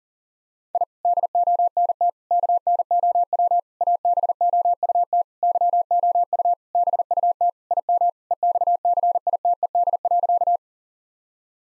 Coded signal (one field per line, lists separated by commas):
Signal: Morse code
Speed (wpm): 40 wpm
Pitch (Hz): 700 Hz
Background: none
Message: I DONT KNOW ABOUT YOU BUT IM EXCITED.